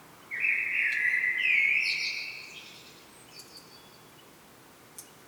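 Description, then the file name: Common blackbird giving one fluty warbled phrase that breaks into a brief high, scratchy twitter, then soft background hiss with faint clicks. "Turdus merula"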